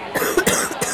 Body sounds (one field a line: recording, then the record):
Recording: coughing mixed with background sound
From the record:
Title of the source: 30 Chesty and wet cough